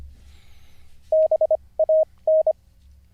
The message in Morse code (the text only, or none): BAN